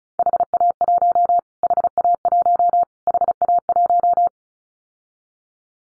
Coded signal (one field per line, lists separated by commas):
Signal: Morse code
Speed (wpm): 34 wpm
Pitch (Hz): 700 Hz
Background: none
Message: HA1 HA1 HA1